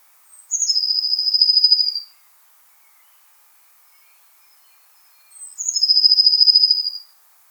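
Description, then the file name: Eurasian blue tit singing two phrases, each high thin notes falling into a rapid, buzzy trill, separated by about three seconds of quiet. "Cyanistes caeruleus"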